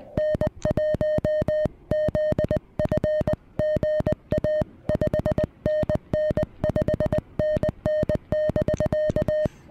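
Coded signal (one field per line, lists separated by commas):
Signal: Morse code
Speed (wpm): 20 wpm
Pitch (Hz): 590 Hz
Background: music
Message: N1ZF GA 5NN 5NN <BK>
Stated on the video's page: CW summit (SOTA) activation using a Venus SW-3B radio.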